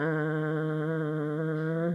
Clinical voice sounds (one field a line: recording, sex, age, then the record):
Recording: sustained vowel /a/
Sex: female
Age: 60 to 69 years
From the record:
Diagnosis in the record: amyotrophic lateral sclerosis, bulbar onset 22 months earlier, bulbar signs present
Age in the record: 63 years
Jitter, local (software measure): 0.81%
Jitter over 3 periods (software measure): 0.34%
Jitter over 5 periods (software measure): 0.49%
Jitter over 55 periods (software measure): 1.81%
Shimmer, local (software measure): 4.5%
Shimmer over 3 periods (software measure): 2.2%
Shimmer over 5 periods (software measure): 2.9%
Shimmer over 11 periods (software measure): 4.3%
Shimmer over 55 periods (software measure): 6.3%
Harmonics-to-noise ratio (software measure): 9.1 dB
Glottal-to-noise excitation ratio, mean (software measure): 0.90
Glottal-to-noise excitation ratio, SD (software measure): 0.039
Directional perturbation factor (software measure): 54.8%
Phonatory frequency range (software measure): 0.30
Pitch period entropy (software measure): 2.14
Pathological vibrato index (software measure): 1.44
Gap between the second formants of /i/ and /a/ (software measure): 1289 Hz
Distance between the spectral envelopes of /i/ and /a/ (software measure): 7.0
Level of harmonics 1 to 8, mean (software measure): -5.1, -7.8, -6.9, -16.4, -29.8, -31.9, -23.9, -25.3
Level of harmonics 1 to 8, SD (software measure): 1.4, 1.1, 1.4, 2.4, 6.5, 5.2, 2.9, 2.7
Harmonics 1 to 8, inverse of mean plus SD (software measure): 0.155, 0.113, 0.120, 0.053, 0.028, 0.027, 0.037, 0.036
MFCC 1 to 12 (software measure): 3.0, -6.5, -0.9, 0.3, -27.3, 7.9, -1.9, -2.2, -2.7, -13.6, 0.5, -9.7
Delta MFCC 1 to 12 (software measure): 0.033, 0.045, 0.023, -0.019, 0.001, 0.054, -0.043, -0.011, -0.064, -0.049, -0.050, -0.014